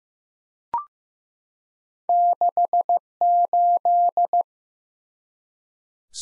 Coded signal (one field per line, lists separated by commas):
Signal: Morse code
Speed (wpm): 15 wpm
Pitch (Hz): 700 Hz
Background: none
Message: 68